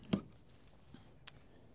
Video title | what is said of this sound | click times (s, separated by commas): Dernière Recharge Avant De QUITTER TESLA + Bon Plan Chargeur 🤑 | Tac, on a entendu le petit clic là. | 0.1 s, 1.3 s